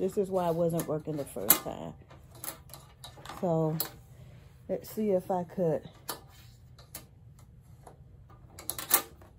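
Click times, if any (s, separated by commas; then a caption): 8.7 s. Someone talks while refitting a cutting strip into the docking area of a rotary paper trimmer after a first attempt failed, with scattered small handling knocks and taps. The strip snaps into place with a sharp click at 8.7 s, seating in the docking area.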